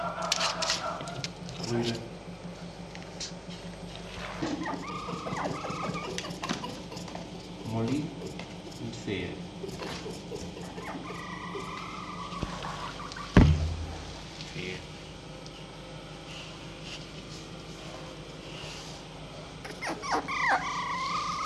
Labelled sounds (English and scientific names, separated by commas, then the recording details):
Red Fox (Vulpes vulpes)
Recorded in captivity
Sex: diverse
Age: diverse
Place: Zoologisches Institut der HUB, Berlin, DE
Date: 1956-05-21 10:45
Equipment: Elmetra
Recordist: Tembrock, Günter